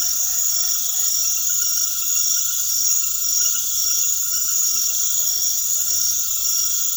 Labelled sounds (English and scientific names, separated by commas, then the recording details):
none
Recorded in secondary vegetation near Puerto Asís, Putumayo, Colombia, on 21 February 2024 at 20:30
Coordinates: 0.500, -76.326
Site G6428